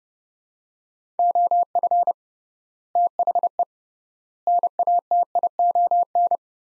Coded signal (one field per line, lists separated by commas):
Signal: Morse code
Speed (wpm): 30 wpm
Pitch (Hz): 700 Hz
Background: none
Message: OF THE NATION